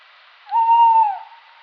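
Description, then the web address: Tawny owl giving a single smooth hoot, a level drawn-out note that dips slightly at its end, over a soft steady hiss. "strix aluco call"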